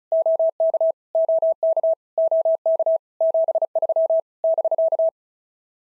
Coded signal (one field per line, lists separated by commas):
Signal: Morse code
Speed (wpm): 36 wpm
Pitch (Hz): 650 Hz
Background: none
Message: OK OK OK 73 <BK>